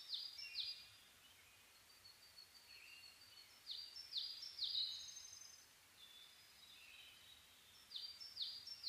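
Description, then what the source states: Bird song: clusters of high, downslurred whistled notes arrive in short bursts, with softer lower warbles between them and pauses of a few seconds. Dawn chorus (reimei) of birdsong (saezuri), 10 May 2010.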